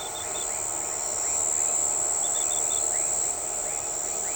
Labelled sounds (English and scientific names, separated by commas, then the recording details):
none
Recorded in shrubland near Pivijay, Magdalena, Colombia, on 13 April 2023 at 02:30
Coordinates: 10.453, -74.365
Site P5-G022